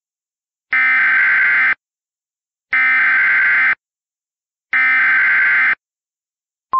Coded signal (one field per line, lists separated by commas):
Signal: Emergency Alert System (SAME) tones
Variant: header bursts